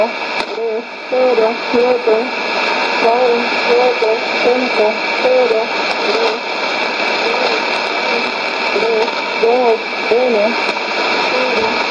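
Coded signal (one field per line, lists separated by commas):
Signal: numbers station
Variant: HM01, Spanish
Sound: a synthetic voice reading short evenly spaced words over a constant hissing data-like background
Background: radio static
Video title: 11 11 2019 HM01 Cuban Spy Numbers station in Spanish 0730 on 9330 Bejucal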